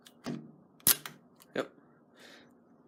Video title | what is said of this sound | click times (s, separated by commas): Installing a FE595 Keypad Lock - Tech/Mechanical Video | could hear it click alright | 0.9 s